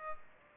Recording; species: mosquito wingbeat signal from an infrared sensor; Aedes aegypti